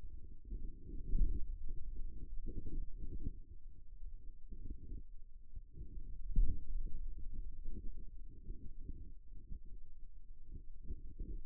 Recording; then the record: forearm muscle sounds (acoustic myography)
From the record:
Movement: finger pinch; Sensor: system 2, bracelet of six BSWA MPA416 microphones around the upper forearm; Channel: 5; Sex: male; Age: 22 years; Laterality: right